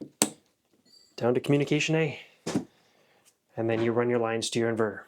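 The other end of a communication cable is plugged into the next TechCella 48V LiFePO4 server rack battery's communication port, giving a sharp click at 0.2 s as the plug seats. Someone talks before and after the click.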